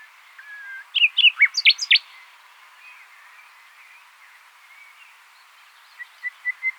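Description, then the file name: Common nightingale song: a low whistle, then a quick run of sharp, varied notes, followed by soft faint whistles. "Luscinia megarhynchos"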